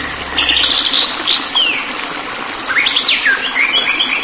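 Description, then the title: White-rumped shama song: high sweeping whistles and quick slurred notes, some descending, over constant rushing background noise. "Kicau Murai Batu"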